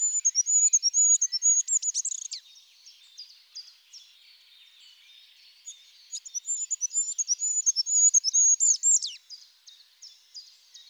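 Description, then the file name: Goldcrest giving two very high, thin song phrases of fast repeated notes, each ending in a brief flourish, with a pause of faint twittering between them. Stereo recording. "ROITELET HUPPE"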